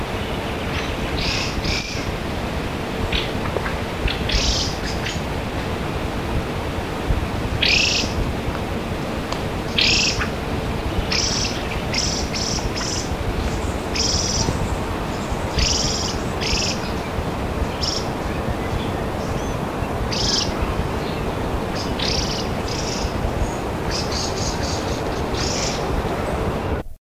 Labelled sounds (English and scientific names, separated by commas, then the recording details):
Fieldfare (Turdus pilaris) call
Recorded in the wild
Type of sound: call
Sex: diverse
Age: diverse
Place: Hannover, Hermann-Löns-Park, Niedersachsen, DE
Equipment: Halbspur, 9,5 cm/s
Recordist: Lütgens, Hans
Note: Familie mit flüggen Jungen